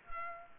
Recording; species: mosquito wingbeat signal from an infrared sensor; Culex pipiens